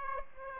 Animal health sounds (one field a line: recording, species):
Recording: mosquito wingbeat signal from an infrared sensor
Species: Aedes aegypti